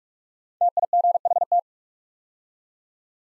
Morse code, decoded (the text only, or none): TIGHT